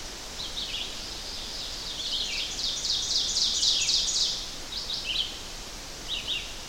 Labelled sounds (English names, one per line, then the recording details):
Ovenbird song
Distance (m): 30 m
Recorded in boreal forest in Alberta, Canada, on 12 June 2016 at 06:04
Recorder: SongMeter 3, array SBT-3-18
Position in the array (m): 230 m, 88 m
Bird 31